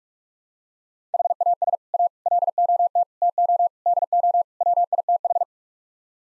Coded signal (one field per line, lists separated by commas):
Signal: Morse code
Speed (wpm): 46 wpm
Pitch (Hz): 700 Hz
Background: none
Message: HAS A LOT TO DO WITH